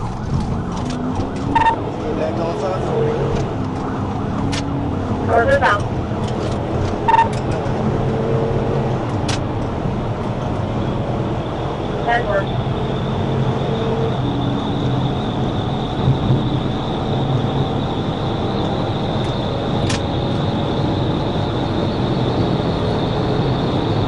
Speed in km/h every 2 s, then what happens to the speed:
79, 103, 119, 134, 145, 161, 167, 179, 187, 193, 198, 203.
0-24 speeds up to 203.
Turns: none.